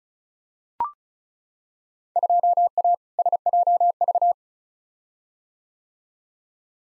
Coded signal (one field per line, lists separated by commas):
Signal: Morse code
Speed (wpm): 36 wpm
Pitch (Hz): 700 Hz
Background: none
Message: 2A SJV